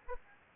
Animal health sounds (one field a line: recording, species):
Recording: mosquito wingbeat signal from an infrared sensor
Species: Aedes aegypti